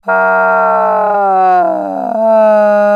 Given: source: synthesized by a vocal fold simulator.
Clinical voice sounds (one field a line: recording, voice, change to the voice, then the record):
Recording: sustained vowel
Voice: female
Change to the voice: asymmetry, level 49 of 51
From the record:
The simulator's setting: 5.80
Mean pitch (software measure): 151 Hz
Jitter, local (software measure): 0.69%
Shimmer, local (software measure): 5.0%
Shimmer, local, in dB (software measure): 0.41 dB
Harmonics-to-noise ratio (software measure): 19.8 dB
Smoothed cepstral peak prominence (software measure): 14.9 dB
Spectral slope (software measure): -18.6 dB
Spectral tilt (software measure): -13.1 dB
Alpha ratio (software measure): -9.1 dB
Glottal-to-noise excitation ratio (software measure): 0.833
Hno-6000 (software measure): 2.6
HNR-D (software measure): 27.7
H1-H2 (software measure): 0.2 dB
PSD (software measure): 2.4e-03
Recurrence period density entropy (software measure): 0.127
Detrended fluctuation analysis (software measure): 0.0229